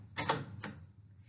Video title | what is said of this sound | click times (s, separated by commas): Virtual Training Six | that you're going to pull until you hear it click | 0.3 s